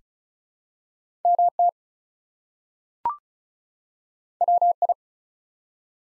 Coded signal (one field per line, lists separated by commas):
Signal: Morse code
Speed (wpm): 36 wpm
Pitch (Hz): 700 Hz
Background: none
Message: MT WI